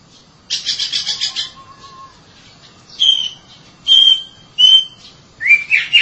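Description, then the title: Oriental magpie-robin giving a short scratchy chatter, then separate clear whistled notes about once a second, the last one slurred and buzzy. "Suara Kicauan Burung Kacer"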